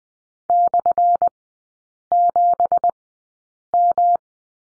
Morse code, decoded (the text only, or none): /7M